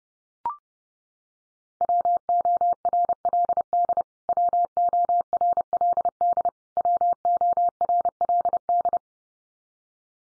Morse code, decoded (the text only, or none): WORLD WORLD WORLD